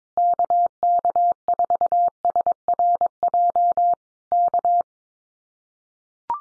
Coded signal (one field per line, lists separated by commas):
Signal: Morse code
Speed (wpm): 22 wpm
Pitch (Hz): 700 Hz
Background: none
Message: KK4SRJ K